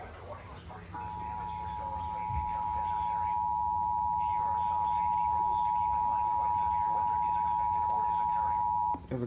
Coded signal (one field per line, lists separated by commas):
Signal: Emergency Alert System (SAME) tones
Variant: 853 and 960 Hz attention tone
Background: speech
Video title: 2019 NATIONAL TEST + SEVERE WEATHER | 8/7/2019 (EAS #525-42)